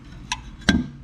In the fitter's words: it snapped right in and I wanted to make sure it was straight